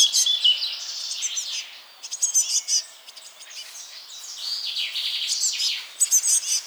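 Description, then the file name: Eurasian blue tit calls, soft high chatter with a few thin whistled notes and brief buzzy phrases. "Cyanistes caeruleus"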